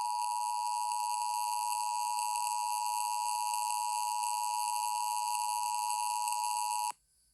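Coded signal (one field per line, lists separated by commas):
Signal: Emergency Alert System (SAME) tones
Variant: 853 and 960 Hz attention tone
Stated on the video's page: Severe thunderstorm warning near Brownsville, Texas.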